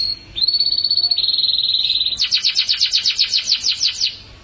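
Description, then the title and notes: Atlantic canary singing a sustained high, fine trill that breaks into a slower pulsed trill of repeated ringing notes. "BM Suara Kenari. BM Suara Burung Kenari"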